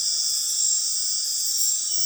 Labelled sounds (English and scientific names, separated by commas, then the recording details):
none
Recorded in dense forest near Puerto Asís, Putumayo, Colombia, on 20 February 2024 at 00:00
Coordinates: 0.502, -76.326
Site G6460